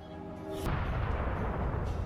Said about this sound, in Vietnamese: Song phương hoàn toàn không có bất kỳ dấu hiệu nào muốn thu tay lại, tiếng nổ rền trời, trực tiếp khắp nơi nổ tung.